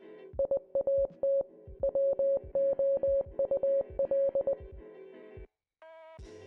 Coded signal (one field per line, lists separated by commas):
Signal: Morse code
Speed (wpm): 20 wpm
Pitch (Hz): 550 Hz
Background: music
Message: IAT WOUL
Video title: The String: Story of How I Met My Soulmate [Morse Code Dub] (Animation)